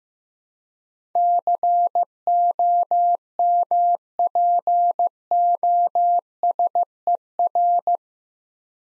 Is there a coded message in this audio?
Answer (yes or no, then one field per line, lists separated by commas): yes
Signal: Morse code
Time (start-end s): 1.2-8.0 s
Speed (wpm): 15 wpm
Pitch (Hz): 700 Hz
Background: none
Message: COMPOSER